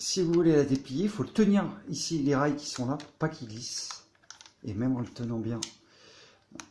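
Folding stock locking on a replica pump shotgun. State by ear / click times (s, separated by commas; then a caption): seated / 6.6 s. Someone talks while unfolding the folding stock of a Golden Eagle M870 gas airsoft pump shotgun, its rails sliding as it is held in place. As the handle is pulled, the stock clips into place on its own with a sharp click at 6.6 s, locking automatically.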